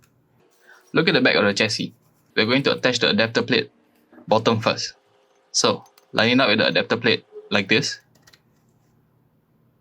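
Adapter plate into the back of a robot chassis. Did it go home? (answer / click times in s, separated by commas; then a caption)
no / none. A plastic adapter plate is held and lined up against the back of a robot chassis, bottom first, before being pushed home, while someone talks throughout. Only light handling sounds are heard, with a few faint taps near the end around 8.2–8.3 s. Nothing has seated or clicked yet.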